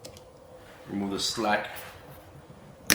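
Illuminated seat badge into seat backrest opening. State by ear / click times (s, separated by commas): seated / 2.9 s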